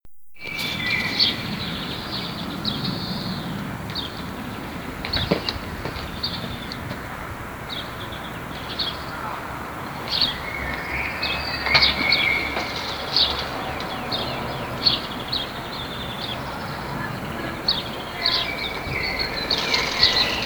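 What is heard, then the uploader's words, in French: A quiet garden outdoors, with birds chirping and trilling in short, bright bursts throughout. A low, steady rumble of traffic sits underneath, and a single sharp knock stands out at about five seconds. Cugy, en Valais Suisse, sons confinés du jardin.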